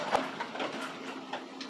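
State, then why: Seated. The plastic lid of a hand-cranked portable washing machine is turned on the drum until it locks down, giving a short sharp click at 0.2 s that confirms the lid is seated and locked in place. Two softer, duller knocks follow at about 1.3 s and 1.6 s over a faint steady hum.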